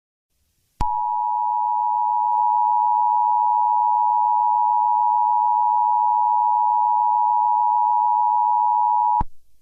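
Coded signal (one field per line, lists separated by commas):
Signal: Emergency Alert System (SAME) tones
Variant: 853 and 960 Hz attention tone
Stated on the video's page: Fictional EAS scenario using foreign alert tones; a simulated alert, not a real broadcast.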